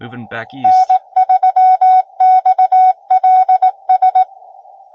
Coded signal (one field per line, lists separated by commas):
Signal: Morse code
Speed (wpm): 18 wpm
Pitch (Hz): 750 Hz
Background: speech, radio noise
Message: N3XLS